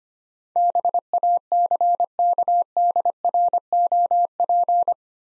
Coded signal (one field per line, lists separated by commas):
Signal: Morse code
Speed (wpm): 25 wpm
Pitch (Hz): 700 Hz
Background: none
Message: BACKDROP